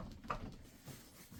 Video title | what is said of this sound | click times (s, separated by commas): GarveeHome Power Recliner Chair - Heat and Massage, Adjustable Electric Recliner Ergonomic .,. | And you'll hear it click into place. | 0.3 s